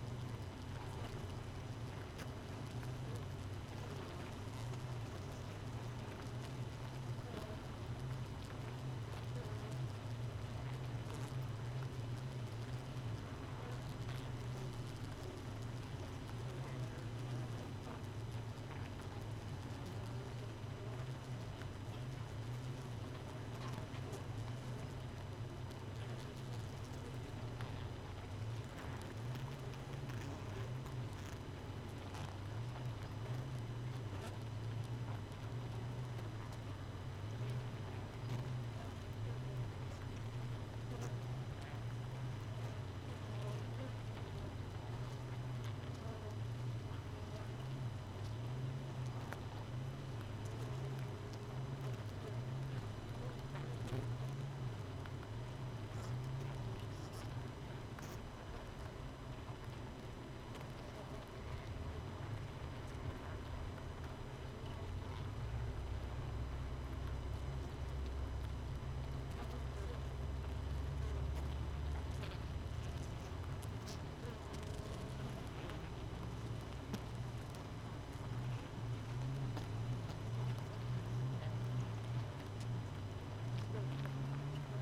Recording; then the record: honeybee colony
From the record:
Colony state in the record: missing queen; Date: 31 May 2018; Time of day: 5:13